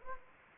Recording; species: mosquito wingbeat signal from an infrared sensor; Anopheles gambiae